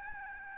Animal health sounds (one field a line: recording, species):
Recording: mosquito wingbeat signal from an infrared sensor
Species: Aedes albopictus